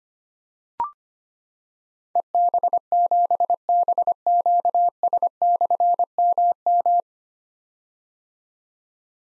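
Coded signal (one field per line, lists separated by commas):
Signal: Morse code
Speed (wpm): 25 wpm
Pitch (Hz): 700 Hz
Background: none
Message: EB7BQS/MM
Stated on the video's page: Practice drill of difficult slashed call signs at 25 wpm; each call is sent in Morse, spoken, then sent again.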